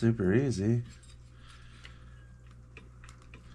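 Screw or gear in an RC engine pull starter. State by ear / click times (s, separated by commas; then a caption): stripped / 2.8 s. Someone talks briefly at the start, then a part is turned on the Rovan easy pull-start conversion of a 30.5 RC car engine, giving quiet ratchet-like clicks over a low steady hum, with the clearest click at 2.8 s. The screw or gear in the engine's pull starter strips.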